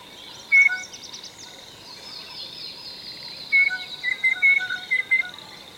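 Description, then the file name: Blue jay calls: one short whistle, then a quick series of clear whistled notes, with a constant high-pitched drone behind. "SOJKA GOLUBAYA"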